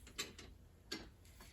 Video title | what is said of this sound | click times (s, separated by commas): John Deere L130 Passenger Side Tire | As you can tell, I didn't snap it on all the way, so I'm going to take it and go look for some new ones. | 0.9 s